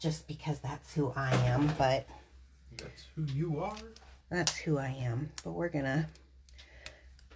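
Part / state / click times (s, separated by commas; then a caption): cap onto alcohol marker / seated / 6.9 s. Someone talks, then after the talk stops, caps are put back on plastic alcohol markers after colouring. Three short ticks are heard, and the loudest, at 6.9 s, is the cap snapping closed so the marker won't dry out.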